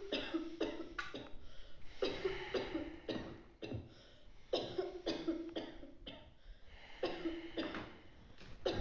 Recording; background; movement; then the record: deep breathing; a bystander coughing; sitting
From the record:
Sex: male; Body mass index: 21.0 kg/m2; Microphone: on the chest, facing outward